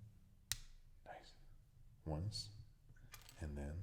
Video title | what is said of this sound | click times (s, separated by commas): Relaxing LEGO Build - Tom and Jerry - Calm, Cozy Narration | with a hopefully satisfying click. Push that in | 0.5 s